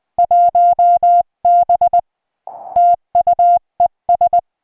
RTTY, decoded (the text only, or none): none